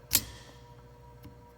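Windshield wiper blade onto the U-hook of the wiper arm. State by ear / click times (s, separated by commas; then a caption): seated / 0.1 s. On a 2012–2016 Honda CR-V, the windshield wiper blade's rounded mount is slid into the U-shaped hook of the wiper arm and pushed up. A sharp, bright click sounds at 0.2 s, followed by a short ringing tail, a faint tick near 1.2 s and a tiny tick at 1.6 s. The click means the blade is seated properly on the wiper arm.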